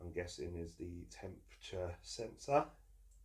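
Someone talks while handling the black cable plug, thought to be for the temperature sensor, before pushing it into its socket while assembling a Kywoo3D Tycoon Max 3D printer. Nothing has seated or clicked yet.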